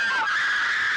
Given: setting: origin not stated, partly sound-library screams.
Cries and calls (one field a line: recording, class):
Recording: one-second piece from a danger detection set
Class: woman in danger